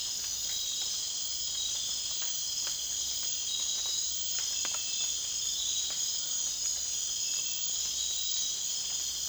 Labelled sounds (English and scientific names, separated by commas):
none